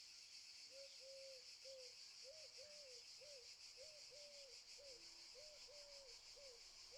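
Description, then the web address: Cicadas drone in a steady, high buzz throughout, while a lower series of short whistled notes repeats about twice a second beneath it. Cicadas stridulating very loudly in summer fields, during the morning. "Sculp Tunes - Summer in the field - Crickets and Cicadas - Summer in the fields - DAY Morning - the cicadas stridulate very loudly"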